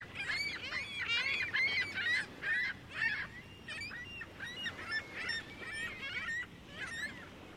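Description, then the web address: Gull flock calling almost nonstop, overlapping cries tumbling over one another in a busy chorus. Gulls at Lake Ontario, described as a busy scene. "Big Room Sound Birds Seagulls"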